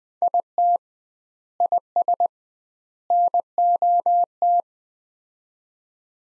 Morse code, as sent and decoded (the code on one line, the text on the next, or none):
.. - / .. ... / -. --- -
IT IS NOT